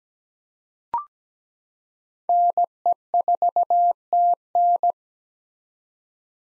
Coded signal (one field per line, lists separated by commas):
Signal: Morse code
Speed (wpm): 17 wpm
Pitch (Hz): 700 Hz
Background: none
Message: NE4TN